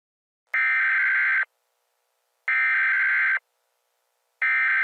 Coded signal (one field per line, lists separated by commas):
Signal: Emergency Alert System (SAME) tones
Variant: header bursts